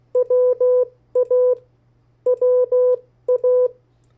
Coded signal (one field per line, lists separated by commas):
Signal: Morse code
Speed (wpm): 16 wpm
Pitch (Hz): 500 Hz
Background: none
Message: WA WA